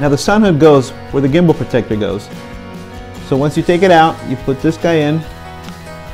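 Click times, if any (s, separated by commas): 5.7 s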